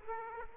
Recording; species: mosquito wingbeat signal from an infrared sensor; Aedes aegypti